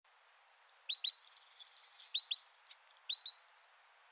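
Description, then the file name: Great tit gives a quick run of high, thin notes in repeated short phrases, each a sharp upper note then two quick slurred notes, lasting about three seconds. "Parus major"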